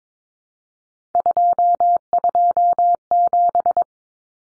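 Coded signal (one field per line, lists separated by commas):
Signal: Morse code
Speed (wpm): 22 wpm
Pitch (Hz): 700 Hz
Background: none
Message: 227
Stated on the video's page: Morse practice of common three-digit cut numbers at 22 wpm, T, A, N for 0, 1, 9, each sent, spoken, sent again.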